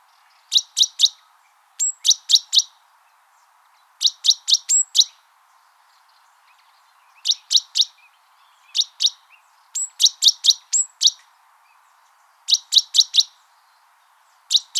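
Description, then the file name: Great tit giving high, clipped chirps in tight groups of several, some groups led by a thin high whistled note, repeated steadily throughout. "Parus major"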